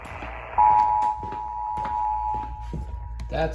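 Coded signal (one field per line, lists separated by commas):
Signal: Emergency Alert System (SAME) tones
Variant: 853 and 960 Hz attention tone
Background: speech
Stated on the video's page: Tornado warning SAME tones relayed by a radio station.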